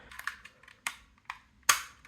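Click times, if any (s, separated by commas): 0.9 s, 1.3 s, 1.7 s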